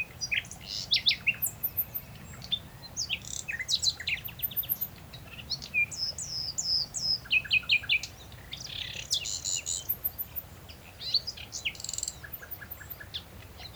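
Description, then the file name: Common nightingale song, somewhat faint: varied phrases of chirps, trills and rapid repeated notes, with short pauses between phrases. "Luscinia megarhynchos"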